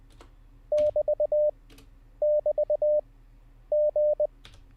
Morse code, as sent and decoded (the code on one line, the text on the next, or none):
-...- -...- --.
<BT><BT>G